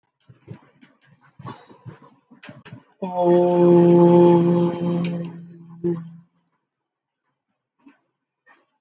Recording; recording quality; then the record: sustained vowel as in boot; moderate, slight background noise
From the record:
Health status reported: COVID-19 positive, mild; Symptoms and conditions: cough, cold, breathing difficulty, fever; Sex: male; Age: 23 years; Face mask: not worn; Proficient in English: yes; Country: India